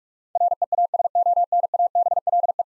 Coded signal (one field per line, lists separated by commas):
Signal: Morse code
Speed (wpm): 45 wpm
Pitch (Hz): 700 Hz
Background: none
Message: REASONABLE